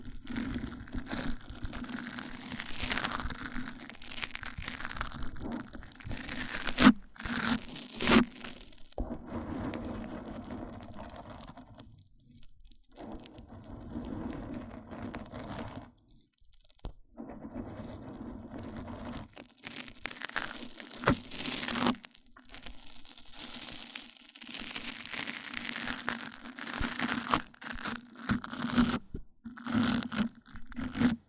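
Dense crinkling, rubbing mic-on-mic triggers with a low steady hum, coming in bursts separated by quieter gaps around 12 and 16 seconds.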